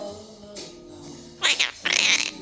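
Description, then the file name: Monk parakeet: after a quiet stretch and one soft rasp, two loud harsh, grating bursts follow close together near the end. Chattering (talking) and singing. "popugai kvaker monax kalita boltaet i poyot"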